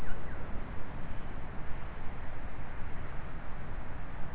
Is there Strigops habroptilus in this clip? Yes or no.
no